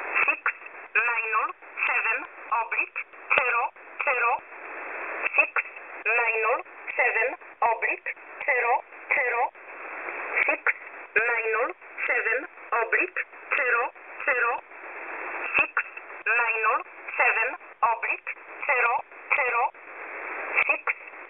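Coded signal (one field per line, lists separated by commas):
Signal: numbers station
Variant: E11 Oblique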